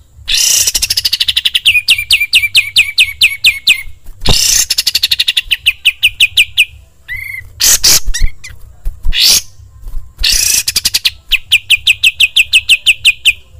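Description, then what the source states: Sooty-headed bulbul delivering harsh rushing bursts that break into long, rapid series of crisp falling notes, with a few separate chirps in a short pause. Master training recording, described as luxurious.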